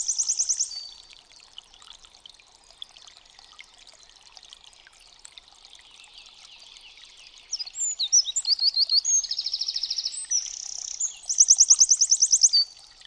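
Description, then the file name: Eurasian wren song: a brief high trill at the start, then after a quiet pause a rapid, shrill cascade of notes and fast trills lasting several seconds. "STRZYZYK"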